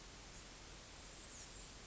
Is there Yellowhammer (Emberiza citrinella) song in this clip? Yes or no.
no